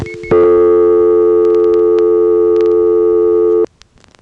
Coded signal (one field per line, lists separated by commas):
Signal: telephone call progress tone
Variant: North America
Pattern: dial tone